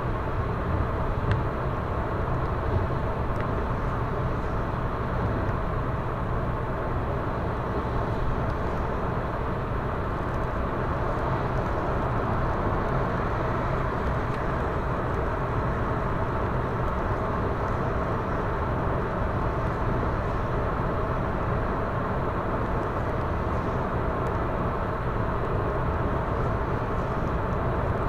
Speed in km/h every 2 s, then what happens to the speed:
116, 116, 115, 115, 116, 115, 115, 115, 116, 116, 116, 116, 116, 116.
0-28 steady at about 116.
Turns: none.